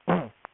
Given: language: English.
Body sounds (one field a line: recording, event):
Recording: throat vibration sensor signal played as sound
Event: throat clearing